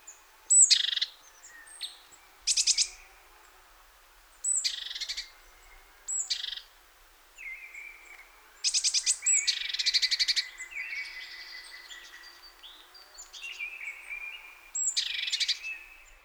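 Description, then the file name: Great tit calls: harsh buzzy churring bursts every couple of seconds, mixed with thin high notes and a few drawn-out whistled tones, in a quiet background. "Parus major"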